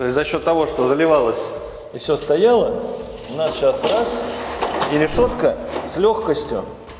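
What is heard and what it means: A linear metal grille is being inserted by hand into a floor-recessed convector trench, which has already been cast and fully installed so the grille goes in easily. Someone talks throughout, with a brief sharp sound at the very end around 6.9 s. The grille has not yet seated or clicked into place.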